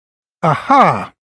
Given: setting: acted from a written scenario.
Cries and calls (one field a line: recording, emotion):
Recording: vocal sound without words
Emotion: realization